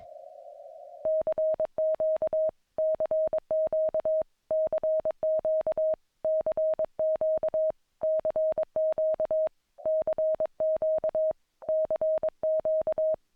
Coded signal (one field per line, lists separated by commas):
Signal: Morse code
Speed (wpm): 22 wpm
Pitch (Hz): 630 Hz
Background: music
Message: CQ CQ CQ CQ CQ CQ CQ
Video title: 2025-09-18 Ham radio contacts - Chapters in the description